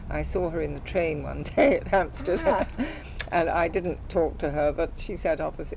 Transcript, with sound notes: I saw her in the train one day,
Ah!
At Hampstead. [laughs] And I didn't talk to her. But she sat opposite me.